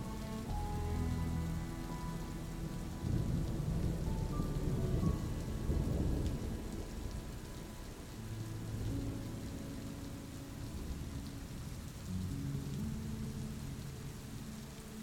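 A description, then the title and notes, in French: Steady rain and a low thunder rumble swelling around three to six seconds, under soft sustained music with gentle low notes throughout. Écoutez le Son Apaisant du TONNERRE et de la PLUIE avec une Douce MUSIQUE. La pluie et du tonnerre, accompagné d'une douce musique.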